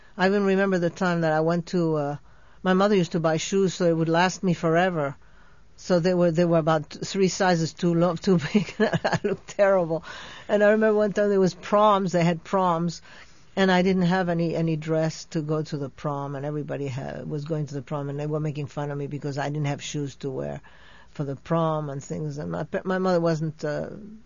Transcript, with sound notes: I remember the time that I went to, uh, my mother used to buy shoes that would last me forever, so they were about three sizes too big. I looked terrible. ( she laughs ) And I remember one time there was proms, they had proms, and I didn't have any dress to go to the prom, and everybody was going to the prom, and they were making fun of me because I didn't have shoes to wear for the prom and things, and my mother wasn't, uh,